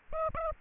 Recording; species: mosquito wingbeat signal from an infrared sensor; Aedes aegypti